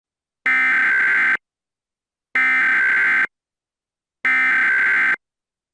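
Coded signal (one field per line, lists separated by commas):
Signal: Emergency Alert System (SAME) tones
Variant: header bursts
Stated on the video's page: Fictional remastered EAS scenario using a weather radio template.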